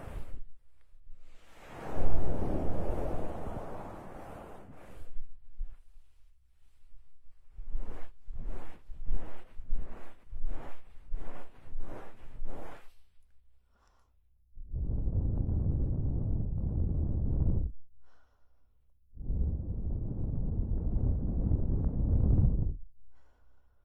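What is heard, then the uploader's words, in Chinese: Ear massage: a long breathy rub, then about a dozen quick, regular strokes, then two dense, muffled rubbing stretches separated by brief silences. 放松按摩耳朵。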